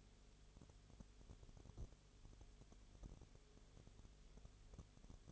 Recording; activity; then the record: daily activity, microphone in the room; no activity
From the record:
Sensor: 4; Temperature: 22.0 degrees Celsius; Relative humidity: 29.5%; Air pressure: 1002.1 hPa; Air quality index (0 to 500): 59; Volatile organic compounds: 1 ppm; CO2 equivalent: 609 ppm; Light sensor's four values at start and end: 2/3/1/1 and 2/3/1/1